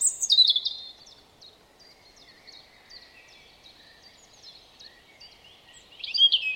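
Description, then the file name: European robin song: bright, high warbled phrases at the start and end, with faint, thin notes trickling between. "Erithacus rubecula"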